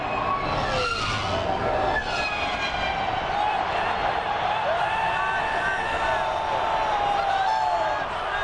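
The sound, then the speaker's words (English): A large crowd cheers and yells in a steady, dense roar, with many overlapping voices shouting at once and no pause throughout. “What makes this rumor all the more enticing is the fact that the exact same quote is barely audible in the Naboo celebration from Episode 1.”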